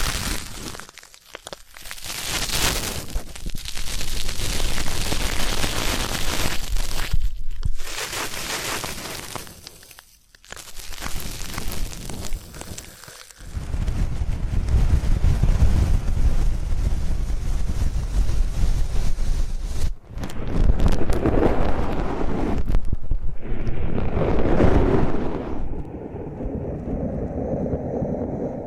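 Ear cleaning ASMR: dense rustling and scraping in bursts, with sudden silences near 1, 7, 10, 13 and 20 seconds, then softer muffled rubbing.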